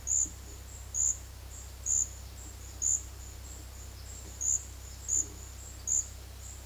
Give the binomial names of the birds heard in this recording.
none